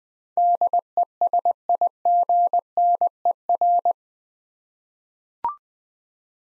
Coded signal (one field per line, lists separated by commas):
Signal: Morse code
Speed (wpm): 20 wpm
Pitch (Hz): 700 Hz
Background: none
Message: DESIGNER